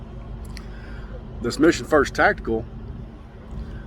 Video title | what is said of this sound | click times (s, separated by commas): product reviews Henry AR 7 survival rifle and Mission first tactical magazines. | if you load them with 28 no harm no foul you slam it up in there it locks into place | 0.6 s